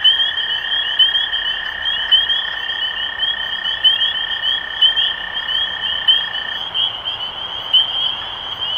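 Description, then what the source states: Dense chorus of spring peepers giving piercing, slightly upslurred peeps nonstop, while a flat lower trill drones underneath for most. Recorded 23 March 2012.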